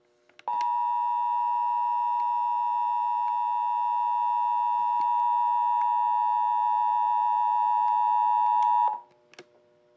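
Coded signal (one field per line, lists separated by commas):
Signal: Emergency Alert System (SAME) tones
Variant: 853 and 960 Hz attention tone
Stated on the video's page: Civil emergency message relayed on a station using Sage Endec, EASyPLUS and TFT units; demonstration, not a real broadcast alert.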